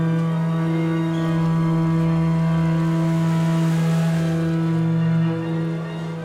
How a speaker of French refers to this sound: Hommes embarqués sur 55 bateaux quittent le port de Toulon. Oh, tu imagines le raffut ?